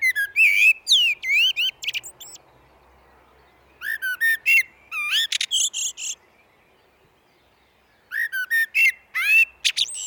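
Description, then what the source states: Common blackbird song in three bursts of fast mixed notes, from clear whistles to high squeaky twitters, with short silent breaks between phrases. Recorded in a glen.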